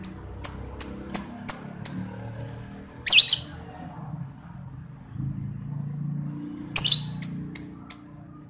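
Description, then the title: Lovebird chirping: fast series of crisp, high chirps, a harsh raspy burst mid-way, then another rapid run of chirps. Masteran training recording played to labet lovebirds so they quickly develop ngekek panjang, a long ngekek song. "Kicau Lovebird SUPER GILA !!! Terapi Masteran LABET Terbaik Agar Labet Cepet NGEKEK PANJANG"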